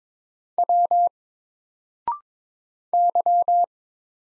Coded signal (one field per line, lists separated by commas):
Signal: Morse code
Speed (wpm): 23 wpm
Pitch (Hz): 700 Hz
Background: none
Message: W Y